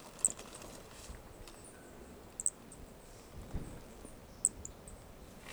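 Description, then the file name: Brachycephalus toadlet giving crisp, very high single notes roughly every two seconds, one doubled, with quiet background noise throughout. Two individuals (4 and 5) of an unidentified Brachycephalus species recorded at Corcovado; the first two notes of the call are missing. "Brachycephalus sp ind 4 ind 5 Corcovado two starting notes lost"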